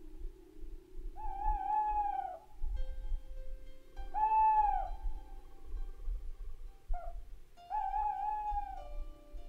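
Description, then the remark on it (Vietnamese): Three drawn-out, wavering owl hoots sound at even intervals at night, each a clear mid-pitched tone with a slight rise and fall, over a steady low rumble. “Con cú rùng mình, đoạn tung cánh bay vút lên trên nền trời u tối.”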